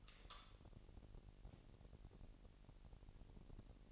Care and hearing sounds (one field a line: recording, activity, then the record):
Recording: daily activity, microphone in the room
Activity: light on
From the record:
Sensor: 4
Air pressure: 1002.7 hPa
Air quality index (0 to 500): 249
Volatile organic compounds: 17 ppm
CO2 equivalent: 2571 ppm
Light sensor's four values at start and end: 6/14/5/6 and 7/16/6/7